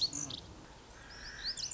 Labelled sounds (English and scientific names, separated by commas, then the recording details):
Lazuli Bunting (Passerina amoena)
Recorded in Sonoma County, California